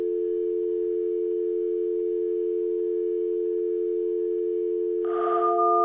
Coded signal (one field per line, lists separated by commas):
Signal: telephone call progress tone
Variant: North America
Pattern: dial tone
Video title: Dial Up Internet Sound (Slowed Down) 10%